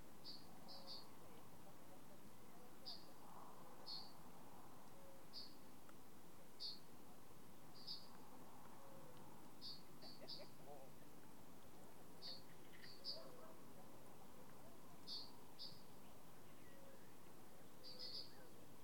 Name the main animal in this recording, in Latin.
Bombina bombina